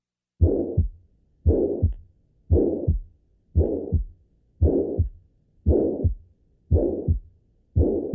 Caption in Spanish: Soplo de insuficiencia mitral.